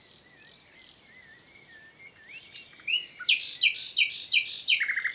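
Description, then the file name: Common nightingale song: quiet warbling, then a strong run of evenly repeated sharp, whistled notes ending in a quick rattle. "Luscinia megarhynchos"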